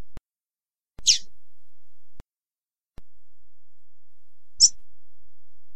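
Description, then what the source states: Double-collared seedeater producing two sharp, high chirps roughly three and a half seconds apart, with faint ticks in between. Female, song.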